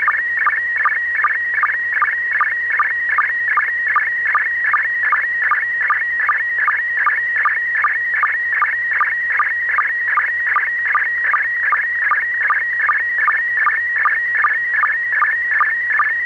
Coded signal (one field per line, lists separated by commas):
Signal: SSTV (slow-scan television)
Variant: PD 50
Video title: SSTV ontvangst op een Android smartphone